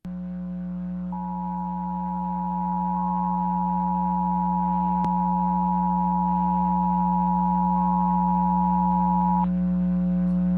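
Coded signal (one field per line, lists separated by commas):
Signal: Emergency Alert System (SAME) tones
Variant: 853 and 960 Hz attention tone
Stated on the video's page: Live 2021 National Periodic Test of the Emergency Alert System as aired on Peachtree TV, recorded via an over-the-air streaming app.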